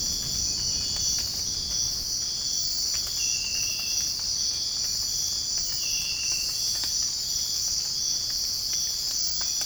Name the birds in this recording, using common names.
none